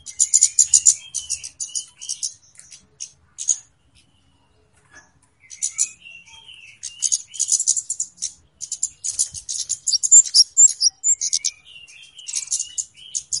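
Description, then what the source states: Flowerpecker singing in irregular bursts of sharp, high-pitched ticks and chips, broken by brief silences, with faint thin sliding notes lower down. Flowerpecker song described as clear, used as a lure for trapping birds.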